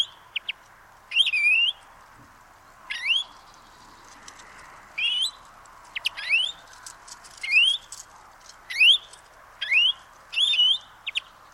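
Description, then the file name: European greenfinch calling with repeated rising, buzzy upslurred notes, some with short sharp ticks before them, spaced one to two seconds apart over a quiet low hum. "Chloris chloris"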